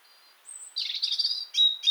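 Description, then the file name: European robin singing a short high phrase: a thin pure whistle, then a rich warbling jumble and two sharp bright notes, over quiet background. "Erithacus rubecula"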